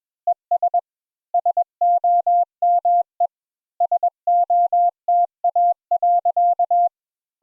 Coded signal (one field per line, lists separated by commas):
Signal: Morse code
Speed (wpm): 21 wpm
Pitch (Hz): 700 Hz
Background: none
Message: ES SOME SOTA.